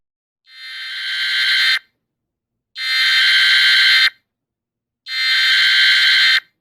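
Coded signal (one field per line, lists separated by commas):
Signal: Emergency Alert System (SAME) tones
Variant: header bursts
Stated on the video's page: EAS alert interrupting the Cars 2 Wii game, pitched in G major.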